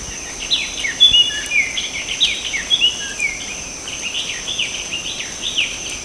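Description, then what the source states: Oriental Magpie-Robin giving varied whistled notes, some sharp and clear, others slurred and falling, in quick irregular bursts over a steady high insect drone. Recorded at Danum on 8 August 2009.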